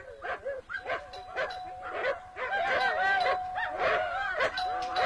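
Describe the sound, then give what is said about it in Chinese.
Two big, vicious wolfdogs at a villa in Zhongshan bark fiercely and continuously, overlapping deep, harsh barks and snarling yelps that go on for several seconds without pause. “他们找到了黄林那幢漂亮的别墅，但迎接他们的却是那两条凶恶的大狼狗。”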